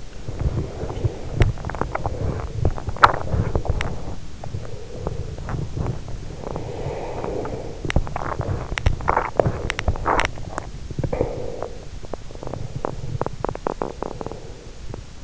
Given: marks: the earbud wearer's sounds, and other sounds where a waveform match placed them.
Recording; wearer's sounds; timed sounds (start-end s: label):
sounds in sleep by an in-ear microphone; teeth grinding, breath
0.00-6.06 s: teeth grinding
6.26-7.84 s: breath
7.84-15.23 s: teeth grinding